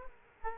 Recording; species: mosquito wingbeat signal from an infrared sensor; Aedes aegypti